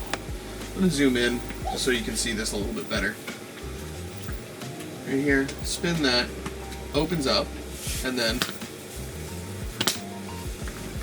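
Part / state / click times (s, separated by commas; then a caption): metal twist-lock latch on a backpack strap / seated / 9.8 s, 9.9 s. Someone talks while the metal twist-lock latch on the strap of a VSGO camera backpack is spun open and then closed again. It clicks at 9.8 s and 9.9 s as the latch auto-locks in place.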